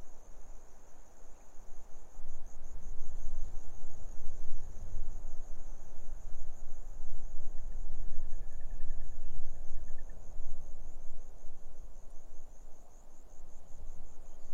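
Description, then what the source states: Grasshopper stridulation, a steady high pulsed buzz running throughout, with gusty low wind rumble and a brief faint bird trill midway. Grasshoppers stridulating on a lukewarm autumn afternoon, 6 May 2015, arid Barrier Ranges near Broken Hill, Australian outback; wind in desert she-oaks, sparse bird song.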